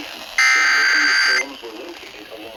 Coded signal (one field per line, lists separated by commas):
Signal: Emergency Alert System (SAME) tones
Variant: header bursts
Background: speech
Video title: SUNDAY STORMS... EAS Alerts from 5/22/22 (EAS #952-968)